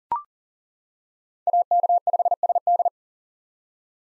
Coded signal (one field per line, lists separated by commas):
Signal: Morse code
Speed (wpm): 40 wpm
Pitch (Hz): 700 Hz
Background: none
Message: AK5SD